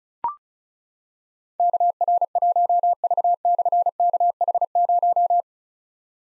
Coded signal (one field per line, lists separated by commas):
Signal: Morse code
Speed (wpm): 34 wpm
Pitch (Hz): 700 Hz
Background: none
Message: KR1V/KH0